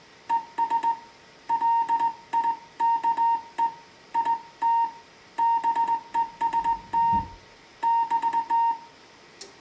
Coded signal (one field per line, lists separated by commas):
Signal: Morse code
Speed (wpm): 17 wpm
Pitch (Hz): 920 Hz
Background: music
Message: ES LIKE IT BEST <BT>